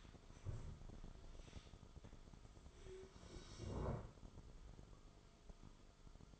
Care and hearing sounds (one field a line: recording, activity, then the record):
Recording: daily activity, microphone in the room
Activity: stand up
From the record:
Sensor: 5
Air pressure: 1005.6 hPa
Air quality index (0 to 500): 102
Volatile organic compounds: 2 ppm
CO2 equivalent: 1256 ppm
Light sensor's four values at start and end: 34/78/31/29 and 34/78/31/29